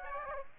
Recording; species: mosquito wingbeat signal from an infrared sensor; Aedes aegypti